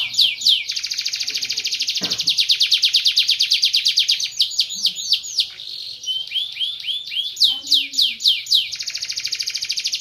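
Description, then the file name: Canary delivering a long rapid rolling trill, then a string of swooping notes and more quick trills, with a few faint low background sounds. "kompilasi kicauan kenari van helsing omkicau"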